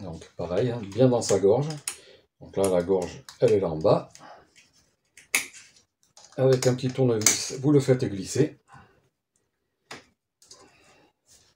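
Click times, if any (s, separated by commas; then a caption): none. A metal retaining clip is being worked with a small screwdriver toward its groove at the bottom of a rebuilt KYB rear shock absorber from a 1998 Honda 125 CR motocross bike, after its bump stop was replaced. Someone talks throughout, with short sharp metallic ticks and scrapes, the loudest at about 5.4 s and softer ones near 6.2, 9.9 and 10.4 s. Nothing has seated or clicked into the groove yet.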